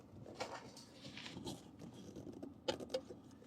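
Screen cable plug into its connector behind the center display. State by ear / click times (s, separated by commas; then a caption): seated / 2.9 s. A screen cable plug is lined up and pushed into its connector behind the center display, with soft rustling and small handling taps along the way. A sharp click at 2.9 seconds marks the plug seating in its socket.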